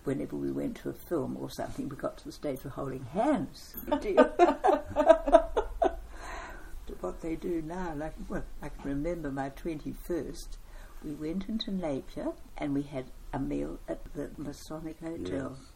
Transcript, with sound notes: whenever we went to a film or something we got to the stage of holding hands… [laughter] to what they do now, like… well, I can remember my twenty-first – we went into Napier and we had a meal at the Masonic Hotel.